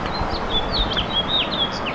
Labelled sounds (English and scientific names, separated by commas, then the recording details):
House Finch (Haemorhous mexicanus) song
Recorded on Long Island, New York, on 8 May 2012
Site VS
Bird D